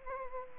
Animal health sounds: mosquito wingbeat signal from an infrared sensor; Anopheles gambiae

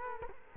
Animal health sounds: mosquito wingbeat signal from an infrared sensor; Culex quinquefasciatus

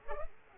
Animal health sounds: mosquito wingbeat signal from an infrared sensor; Culex pipiens

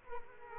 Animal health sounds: mosquito wingbeat signal from an infrared sensor; Culex quinquefasciatus

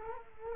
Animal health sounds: mosquito wingbeat signal from an infrared sensor; Culex quinquefasciatus

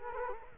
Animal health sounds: mosquito wingbeat signal from an infrared sensor; Culex quinquefasciatus

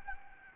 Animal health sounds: mosquito wingbeat signal from an infrared sensor; Anopheles gambiae

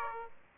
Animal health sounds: mosquito wingbeat signal from an infrared sensor; Aedes aegypti

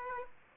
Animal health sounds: mosquito wingbeat signal from an infrared sensor; Aedes aegypti

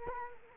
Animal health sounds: mosquito wingbeat signal from an infrared sensor; Culex quinquefasciatus

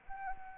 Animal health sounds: mosquito wingbeat signal from an infrared sensor; Anopheles arabiensis

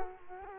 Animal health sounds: mosquito wingbeat signal from an infrared sensor; Culex quinquefasciatus

